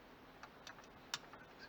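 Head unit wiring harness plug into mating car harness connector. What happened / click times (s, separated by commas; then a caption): The plastic wiring connector clicked together / 1.1 s. Two plastic wiring harness connectors are pushed together, the replacement AvinUSA 12" Android head unit's harness plug going into the mating car harness connector in an E70 X5. Faint ticks at about 0.4, 0.7 and 1.3 seconds surround one sharp, louder click at 1.1 seconds. That click is the connector seating after it resisted going in.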